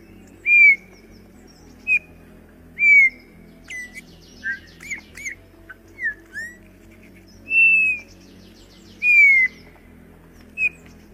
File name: Canto do dom fafe